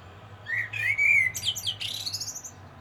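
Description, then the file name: Common blackbird: a smooth, flute-like rising warble, then a rapid run of high, thin, squeaky notes at the end of the phrase. "Turdus merula"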